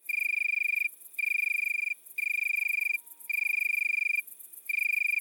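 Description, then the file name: Italian tree cricket song of pure high trilled bursts near a second in length, separated by short breaks, with a faint low whine briefly underneath. Recorded at midnight at Le Puech, Cantal. "grillon-d Italie-a-minuit-Le-Puech-Cantal"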